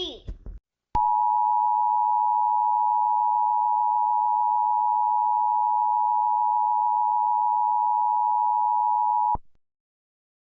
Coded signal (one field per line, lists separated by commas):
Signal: Emergency Alert System (SAME) tones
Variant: 853 and 960 Hz attention tone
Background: speech